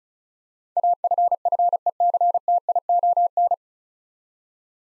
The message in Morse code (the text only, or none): AFFECTION